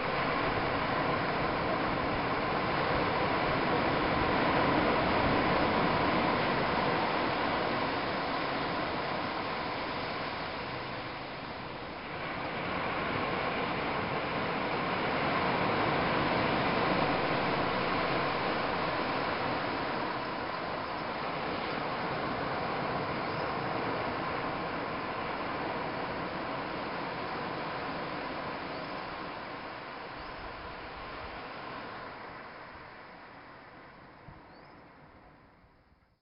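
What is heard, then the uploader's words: Dense, steady rush of surf and a small stream, swelling and easing every few seconds, fading toward the end, with no other sounds. Indonesia - surf and stream. A small mountain stream empties onto the beach and into the ocean surf on the west side of the island of Nusa Penida, just southeast of the island of Bali, Indonesia.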